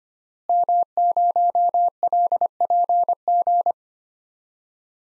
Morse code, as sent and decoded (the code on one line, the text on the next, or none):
-- ----- .-.. .--. --.
M0LPG